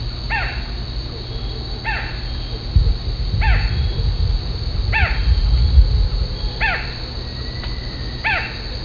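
Barred forest falcon gives sharp, downslurred barking notes, repeated about every one and a half seconds, over a steady low rumble.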